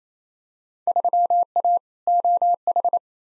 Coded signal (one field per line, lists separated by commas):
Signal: Morse code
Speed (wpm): 27 wpm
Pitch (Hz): 700 Hz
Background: none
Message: 3A OH